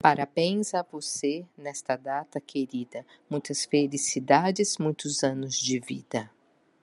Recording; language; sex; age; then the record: short text; Brazilian Portuguese; female; 50 to 59 years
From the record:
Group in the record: control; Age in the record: 51 years